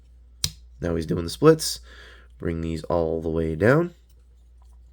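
A plastic panel on a Transformers Studio Series Transformers One Deluxe Megatron transforming figure is brought all the way down into the figure body during transformation. A single sharp snap at 0.4 s shows it has seated into place. Someone then talks, and faint small clicks follow near the end.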